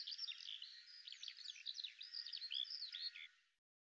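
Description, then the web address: Bird singing softly, a quick high twittering warble with brief whistles that fades out near the end. "Deverinetal 2025 File cleaned normalized Bird Al Ar"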